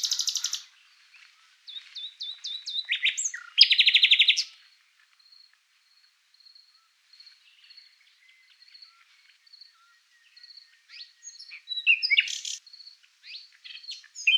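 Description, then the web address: Common nightingale singing in bursts: sharp whistles, a loud buzzy trill, then quiet spaced piping notes before rapid varied phrases return. "Ruiseñor común"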